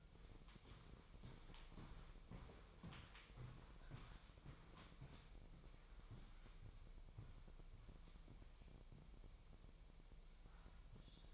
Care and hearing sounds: daily activity, microphone in the room; walk to room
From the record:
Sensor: 1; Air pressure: 999.4 hPa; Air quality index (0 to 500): 198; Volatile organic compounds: 39 ppm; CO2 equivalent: 3140 ppm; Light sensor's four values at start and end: 9/23/9/9 and 9/23/9/10

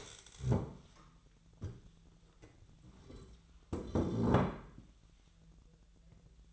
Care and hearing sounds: daily activity, microphone in the room; stand up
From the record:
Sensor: 3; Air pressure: 1001.9 hPa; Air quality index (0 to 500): 249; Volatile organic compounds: 131 ppm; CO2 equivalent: 3932 ppm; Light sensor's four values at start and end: 10/24/10/10 and 9/21/9/9

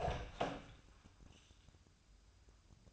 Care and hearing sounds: daily activity, microphone in the room; open door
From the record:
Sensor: 2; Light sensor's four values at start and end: 7/17/7/7 and 7/17/7/7

